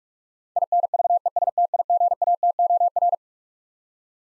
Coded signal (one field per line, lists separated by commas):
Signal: Morse code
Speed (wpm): 42 wpm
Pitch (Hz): 700 Hz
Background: none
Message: INVESTIGATOR